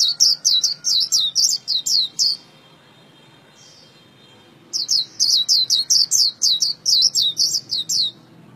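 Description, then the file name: White-eye song: a fast run of high, sharp descending chirps, a pause of about two seconds, then another similar run. "tieng khuyen liu"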